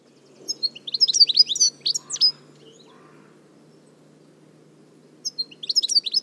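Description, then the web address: Bird calls: quick bright chirping notes tumbling in a rapid burst for about two seconds, then a shorter burst near the end, over a steady low hum. "Deverinetal"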